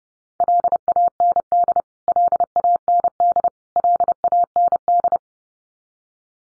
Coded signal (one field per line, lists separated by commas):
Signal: Morse code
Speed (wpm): 30 wpm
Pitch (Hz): 700 Hz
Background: none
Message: LAND LAND LAND